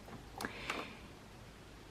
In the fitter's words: find the perfect position and then when you push it it makes a click and now